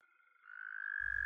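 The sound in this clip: American toad trill: a steady, high, musical tone held at one pitch, growing louder throughout, with a low hum joining near the end.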